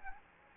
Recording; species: mosquito wingbeat signal from an infrared sensor; Anopheles gambiae